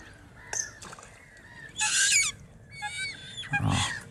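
High, squeaky bird calls in short bursts with harsh, harmonic-rich cries, some louder and raspier, typical of Eurasian coot chicks begging; no talking, with a low background rumble throughout.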